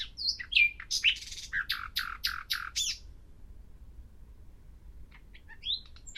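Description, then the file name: Common nightingale song: a varied phrase of whistles and rapid buzzy repeated notes for about three seconds, then a pause and soft scattered notes. "Luscinia megarhynchos"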